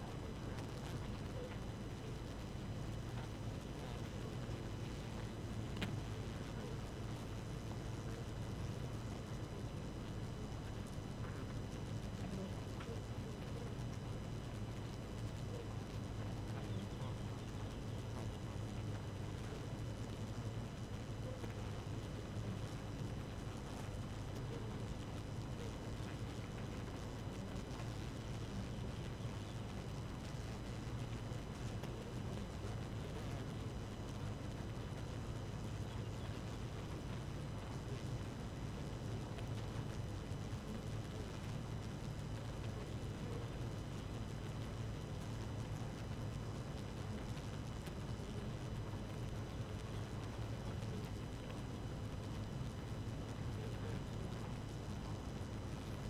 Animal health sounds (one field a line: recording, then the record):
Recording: honeybee colony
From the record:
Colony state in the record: active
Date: 12 June 2018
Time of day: 4:13